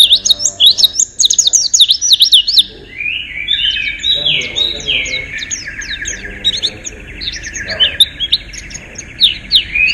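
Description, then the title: White-eye song: a long, lively stream of high zigzagging whistles and twitters, continuous throughout, over a steady low hum. "Pleci. Haji Ifa Kudus"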